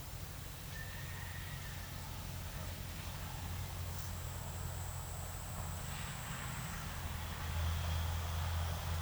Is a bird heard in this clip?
yes